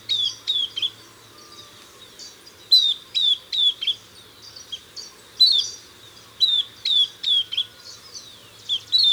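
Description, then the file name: Southern beardless tyrannulet giving short, high, downslurred whistles in clusters of two to four, repeated throughout with brief gaps, against a quiet hissing background. "Camptostoma obsoletum - Southern Beardless Tyrannulet"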